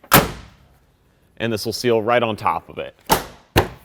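The metal tailgate of a 2019-2023 Ford Ranger with a 5 ft bed is shut beneath a folded BAK hard tonneau cover, and it latches into the truck bed with a loud slam at 0.1 s. Someone then talks, saying the cover will seal on top of the tailgate. Two more sharp knocks follow near 3.1 s and 3.6 s.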